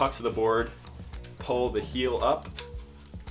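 A splitboard binding is handled as its heel is pulled up to lock it onto the mounting pucks on the board. Someone talks over background music, with a few faint taps. Nothing has seated or clicked yet.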